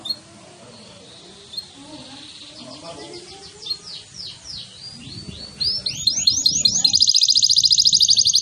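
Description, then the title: Canary song starting soft with swooping notes, growing louder into quick sweeping phrases and ending in a fast, bright rolling trill. Canary singing energetically (gacor), persistent song with long rolling trills (roll panjang), meant to prompt other canaries to answer at once. "LANGSUNG NYAUT GACOR DOR Kenari Manasaja, Dengan Kicau Kenari GACOR NGOTOT ROLL PANJANG"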